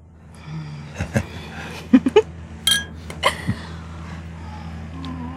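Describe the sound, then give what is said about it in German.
Several sharp clinks of glasses of sparkling wine raised in a toast ring out in quick, uneven succession, some leaving a bright, high ringing tone, over a low steady hum with no talking. “Prost.”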